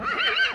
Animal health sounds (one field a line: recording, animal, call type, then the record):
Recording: contact call of a hoofed animal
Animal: Przewalski's horse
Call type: whinny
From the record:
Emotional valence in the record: negative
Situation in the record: group separation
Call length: 0.55 s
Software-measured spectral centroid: 2340 Hz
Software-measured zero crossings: 3720 a second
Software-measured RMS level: -24 dBFS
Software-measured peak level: -13 dBFS